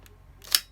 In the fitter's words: so that's the cleaner head it attaches to the one with a very satisfying click